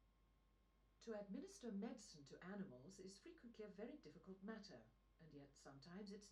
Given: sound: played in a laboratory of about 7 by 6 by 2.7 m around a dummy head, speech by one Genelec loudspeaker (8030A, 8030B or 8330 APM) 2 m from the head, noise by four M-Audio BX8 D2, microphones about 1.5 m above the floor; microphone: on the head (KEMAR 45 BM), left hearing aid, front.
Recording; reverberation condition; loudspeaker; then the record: female speech in English; low; 90 degrees to the right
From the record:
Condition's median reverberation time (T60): about 310 ms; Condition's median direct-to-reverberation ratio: about 3.5 dB